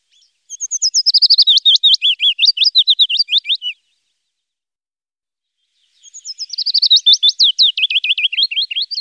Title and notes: Fitis. Sounds of birds from Germany, Austria, Switzerland